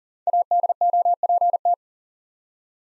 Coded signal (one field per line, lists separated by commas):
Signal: Morse code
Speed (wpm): 39 wpm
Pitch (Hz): 700 Hz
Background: none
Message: ADOPT